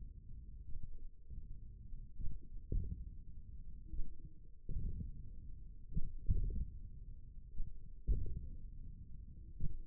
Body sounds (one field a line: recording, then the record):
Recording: forearm muscle sounds (acoustic myography)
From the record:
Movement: hand closing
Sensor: system 1, eight BSWA MPA416 microphones around the upper forearm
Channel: 2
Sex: male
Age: 28 years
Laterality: right